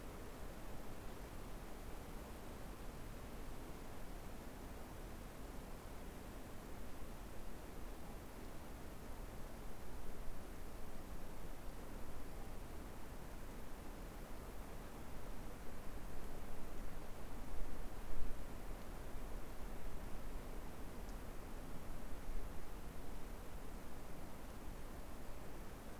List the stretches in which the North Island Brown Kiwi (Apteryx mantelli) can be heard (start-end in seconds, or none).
none